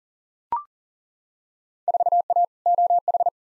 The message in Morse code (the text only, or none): 4A OH